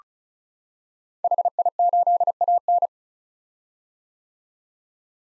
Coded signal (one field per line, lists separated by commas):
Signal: Morse code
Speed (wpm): 36 wpm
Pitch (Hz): 700 Hz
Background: none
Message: HI8AN